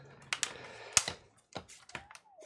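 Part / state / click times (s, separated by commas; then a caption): plastic bezel clips into laptop display lid / seated / 0.3 s, 0.4 s, 1.0 s. Plastic display bezel clips of a laptop are pressed back into the display lid after a screen replacement, giving sharp snaps at 0.3, 0.4 and 1.0 s, followed by softer taps and rustling. The tough clips feel like something is about to break, but they seat and the bezel ends up tight.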